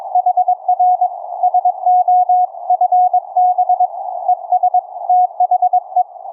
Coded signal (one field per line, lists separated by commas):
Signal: Morse code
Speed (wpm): 23 wpm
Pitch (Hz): 730 Hz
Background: none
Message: HR SO FB ES THE